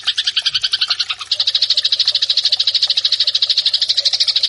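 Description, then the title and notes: Eurasian tree sparrow in a continuous run of rapid, scratchy repeated chirps. Master training track of fighting calls, used for training birds. "MASTER GEREJA TARUNG. burung gereja"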